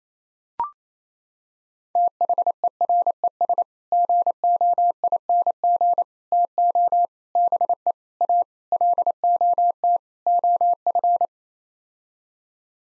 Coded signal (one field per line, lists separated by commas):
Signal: Morse code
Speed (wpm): 28 wpm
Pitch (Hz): 700 Hz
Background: none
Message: THERES GOING TO BE A LOT OF